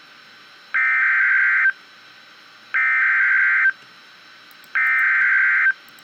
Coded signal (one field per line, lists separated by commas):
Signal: Emergency Alert System (SAME) tones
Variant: header bursts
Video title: Double header REAL EAS 427,428-2 SVRs